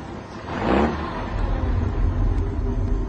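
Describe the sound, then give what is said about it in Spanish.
A truck engine rumbles low and steady as it rolls along slowly in a zigzag through snow, with a brief louder swell of revving early on before settling into a constant drone. “El camión marcha lento y en zigzag, esquivando cuerpos fulminados en la nieve, autos detenidos y más muertos.”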